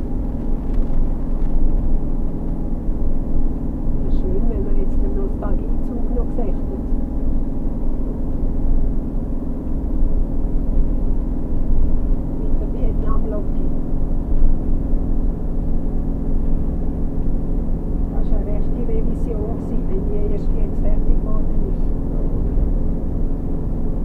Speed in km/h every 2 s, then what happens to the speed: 44, 44, 44, 46, 44, 44, 44, 44, 44, 44, 44, 44.
0-24 steady at about 44.